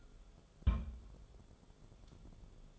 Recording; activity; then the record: daily activity, microphone in the room; place on stove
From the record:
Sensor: 5